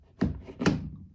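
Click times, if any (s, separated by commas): none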